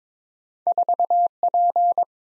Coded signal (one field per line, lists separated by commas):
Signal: Morse code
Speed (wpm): 22 wpm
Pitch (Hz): 700 Hz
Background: none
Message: 4P